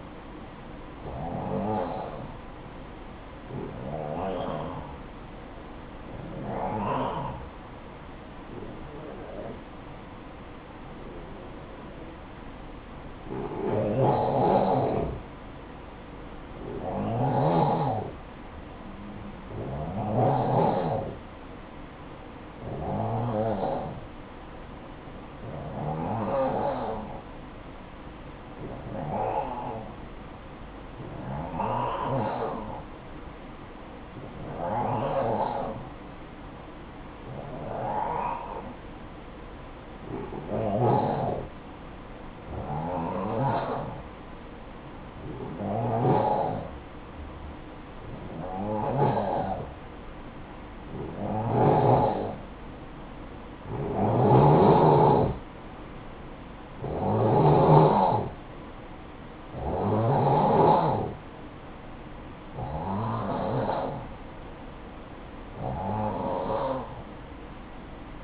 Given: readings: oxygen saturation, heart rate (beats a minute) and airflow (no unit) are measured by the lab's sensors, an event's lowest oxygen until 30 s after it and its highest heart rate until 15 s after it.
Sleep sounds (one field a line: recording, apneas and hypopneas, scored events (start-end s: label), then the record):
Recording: breathing in sleep by a voice recorder at the bedside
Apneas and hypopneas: 1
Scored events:
10.00-46.70 s: hypopnea (N2, oxygen 93% highest, then 89% lowest, heart rate 60 at the start, 68 highest)
From the record:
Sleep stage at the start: N2 (light sleep)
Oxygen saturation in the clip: 89 to 93%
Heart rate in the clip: 54 to 68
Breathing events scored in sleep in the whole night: 573 in 9.8 hours asleep